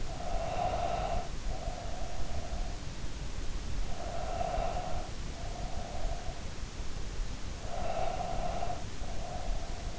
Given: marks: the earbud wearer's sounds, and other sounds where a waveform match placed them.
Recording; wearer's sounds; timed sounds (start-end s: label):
sounds in sleep by an in-ear microphone; breath
0.00-2.65 s: breath
3.81-6.47 s: breath
7.42-9.99 s: breath